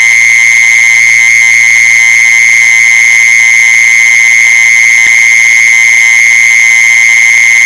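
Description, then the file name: Mole cricket trilling steadily on one high note, with a single sharp knock partway through. "tieng de trui de chui"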